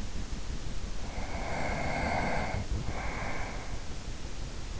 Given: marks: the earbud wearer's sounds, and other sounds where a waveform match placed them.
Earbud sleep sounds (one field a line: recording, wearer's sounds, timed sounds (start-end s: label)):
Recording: sounds in sleep by an in-ear microphone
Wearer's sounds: breath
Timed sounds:
0.97-3.95 s: breath